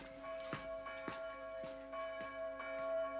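A church bell rings as a child to be baptised is carried into the church, a steady sequence of strikes, each leaving sustained, humming tones that blend into a continuous metallic drone, heard alone without voices.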